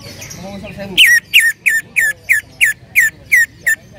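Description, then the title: Bird whistling nine loud down-slurred notes, each about a third of a second apart, after a few soft lower notes. "Kicau Burung"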